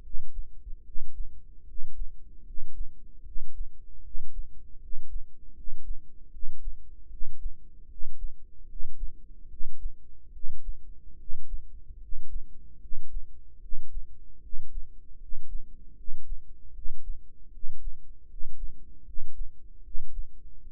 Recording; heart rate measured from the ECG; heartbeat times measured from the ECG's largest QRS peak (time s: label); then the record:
heart sounds by microphone in the right ear; 76 bpm
0.01 s: heartbeat
0.82 s: heartbeat
1.64 s: heartbeat
2.43 s: heartbeat
3.22 s: heartbeat
4.01 s: heartbeat
4.78 s: heartbeat
5.53 s: heartbeat
6.29 s: heartbeat
7.08 s: heartbeat
7.87 s: heartbeat
8.65 s: heartbeat
9.47 s: heartbeat
10.30 s: heartbeat
11.16 s: heartbeat
11.98 s: heartbeat
12.78 s: heartbeat
13.59 s: heartbeat
14.40 s: heartbeat
15.17 s: heartbeat
15.94 s: heartbeat
16.72 s: heartbeat
17.50 s: heartbeat
18.26 s: heartbeat
19.03 s: heartbeat
19.81 s: heartbeat
20.60 s: heartbeat
From the record:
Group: healthy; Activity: rest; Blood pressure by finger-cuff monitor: 113/78 mmHg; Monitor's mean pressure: 85 mmHg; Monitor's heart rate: 75 bpm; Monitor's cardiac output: 5.9 L/min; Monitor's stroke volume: 78 mL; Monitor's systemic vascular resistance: 1050 dyn s/cm5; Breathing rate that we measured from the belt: 18 breaths a minute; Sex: male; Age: 35 years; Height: 180 cm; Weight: 86.9 kg